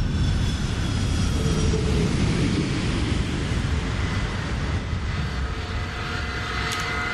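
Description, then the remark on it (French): The jet engines of Sarkozy's airplane, the Air Sarko One, roar in a steady, dense rumble as it arrives, with thin whining tones layered above the deep low-end noise and no voices present. “Et comme Obama, il a même son propre avion, le Air Sarko One bien évidemment. Ah. Ah bah il fallait qu'il arrive.”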